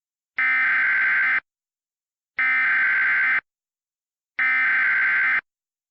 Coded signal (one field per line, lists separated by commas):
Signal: Emergency Alert System (SAME) tones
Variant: header bursts